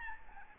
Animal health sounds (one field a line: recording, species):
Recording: mosquito wingbeat signal from an infrared sensor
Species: Aedes albopictus